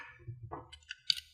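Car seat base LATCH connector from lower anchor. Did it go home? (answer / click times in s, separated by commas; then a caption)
released / 1.1 s. The LATCH connector on a Chicco KeyFit 30 car seat base strap is released from the lower anchor, with soft rustling and a low rumble before a sharp click at 1.1 s. The connector clicks open and is released.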